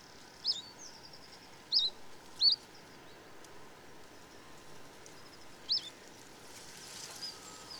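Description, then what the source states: Bird giving brief sliding wheeoo calls, four spaced notes, over steady background noise. Wheeoo calls of a presumed first-winter bird.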